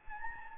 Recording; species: mosquito wingbeat signal from an infrared sensor; Anopheles gambiae